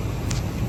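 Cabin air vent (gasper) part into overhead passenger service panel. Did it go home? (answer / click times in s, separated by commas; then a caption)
yes / 0.3 s. A mechanic refits a part of an aircraft cabin air vent (gasper) assembly into its overhead passenger service panel, tucking it in over steady broadband background noise. A short, sharp click at 0.3 s marks the part locking into place.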